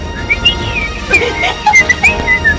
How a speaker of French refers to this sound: C'est incroyable, c'est le seul mec qui siffle, mais au lieu de souffler... En aspirant, ouais.